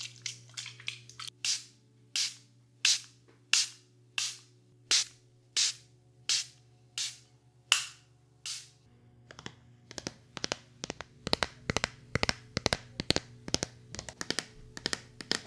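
Ear cleaning sounds recorded with no talking. For the first half, soft brushing strokes repeat about once every 0.7 seconds. After that comes a quicker run of sharp little taps and clicks. A low steady hum stays in the background throughout.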